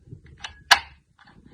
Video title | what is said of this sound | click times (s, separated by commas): How to Use Creative Memories Border Maker System! | and push until it snaps okay | 0.7 s